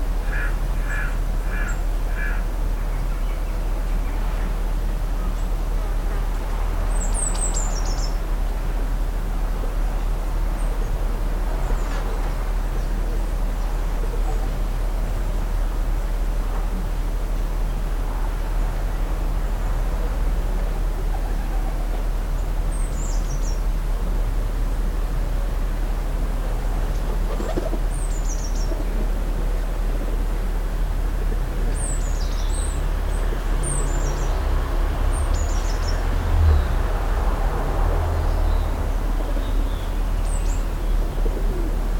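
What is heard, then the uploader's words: A hot garden at midday hums with a steady low drone while scattered high bird chirps come and go, busiest in the last third. Hot Noon Garden Ambient. London #heatWave.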